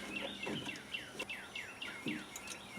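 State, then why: Not seated. Lock cables or the wiring harness are pushed onto a new plastic power door lock actuator inside a Honda or Acura door, with repeated descending bird chirps in the background and a few brief knocks around 0.9, 1.6 and 1.8 s. Nothing has clicked into place yet, because more force is needed to connect them.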